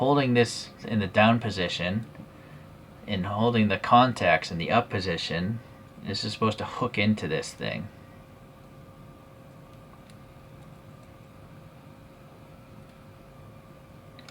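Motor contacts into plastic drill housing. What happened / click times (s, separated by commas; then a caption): Parts are being handled and lined up; nothing has seated yet / none. Someone talks while handling the motor of a Tamiya Electric Handy Drill, holding the motor contacts up to hook them into the plastic drill housing. After the talking stops around 7.8 s, only a low steady hum and a few faint ticks remain. Nothing has seated or clicked into place yet.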